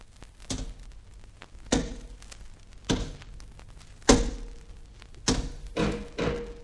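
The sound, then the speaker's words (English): Doors opening into a tunnel, heard as a series of sharp wooden thunks and clatters, about seven in irregular succession with one louder bang midway, and no voices. “Doors open into the tunnel.”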